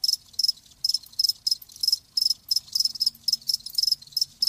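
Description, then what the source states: Crickets chirping in high, pulsing trills, short bursts repeating several times a second with brief gaps, a steady insect chorus. Live crickets chirping.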